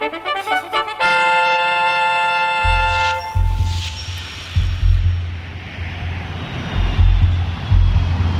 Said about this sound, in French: Dimanche 29 décembre 1969, loin de l'Alaska, bien loin dans le ciel de la Méditerranée, des avions de reconnaissance de la Marine nationale patrouillent à la recherche de 5 bateaux portés disparus depuis une semaine déjà